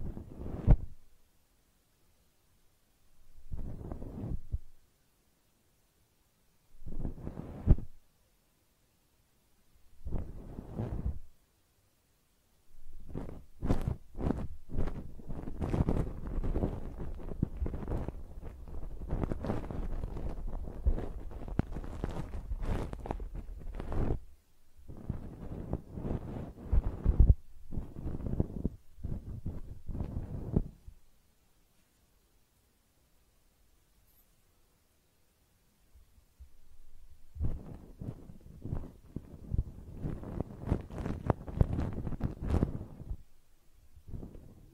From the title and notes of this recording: ASMR Personal Attention Close Up Ear Cleaning (No Talking).